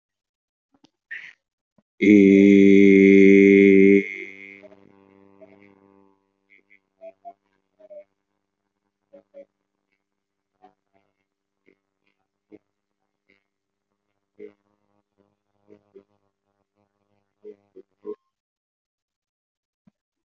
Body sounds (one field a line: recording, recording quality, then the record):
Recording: sustained vowel as in made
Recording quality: moderate, slight background noise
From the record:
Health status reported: exposed to COVID-19, no respiratory illness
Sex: male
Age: 19 years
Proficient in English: yes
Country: India